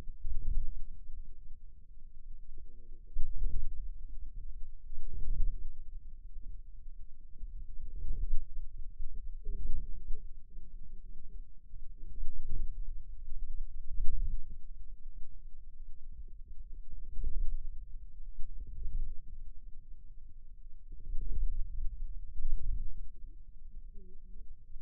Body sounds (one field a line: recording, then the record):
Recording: forearm muscle sounds (acoustic myography)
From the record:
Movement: inward rotation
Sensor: system 2, bracelet of six BSWA MPA416 microphones around the upper forearm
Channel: 1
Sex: female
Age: 21 years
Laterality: right